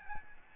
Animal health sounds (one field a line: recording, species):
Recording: mosquito wingbeat signal from an infrared sensor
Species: Aedes albopictus